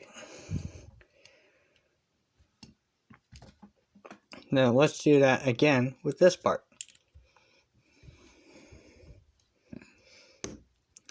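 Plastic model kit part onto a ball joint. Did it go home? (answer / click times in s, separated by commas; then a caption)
yes / 10.4 s. A second plastic part of a Modelroid Buster Boar model kit is pushed onto a firm ball joint while someone talks, with small handling taps and clicks throughout. A sharp, bright click at 10.4 s marks the part snapping into place and seating securely on the ball joint.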